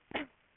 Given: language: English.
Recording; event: throat vibration sensor signal played as sound; cough